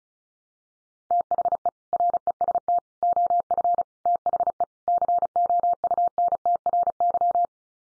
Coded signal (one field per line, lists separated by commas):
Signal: Morse code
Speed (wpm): 34 wpm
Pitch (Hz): 700 Hz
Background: none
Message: THE REST OF THE COUNTRY